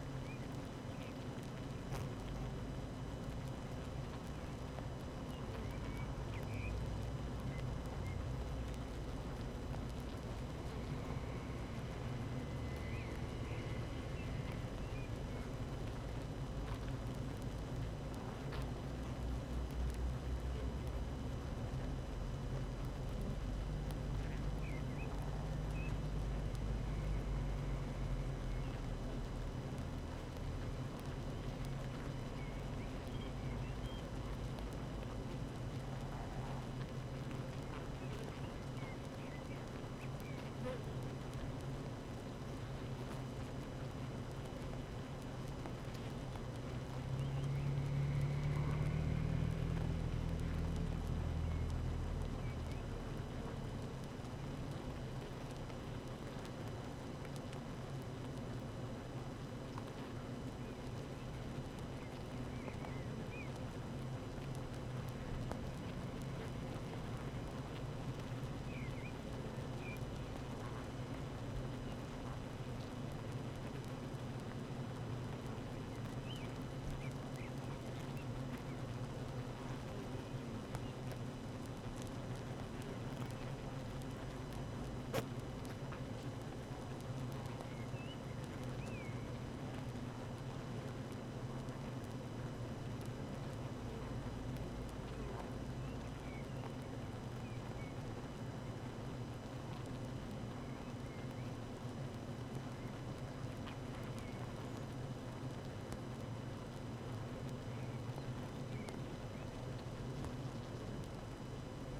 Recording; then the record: honeybee colony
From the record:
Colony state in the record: active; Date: 12 June 2018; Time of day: 7:22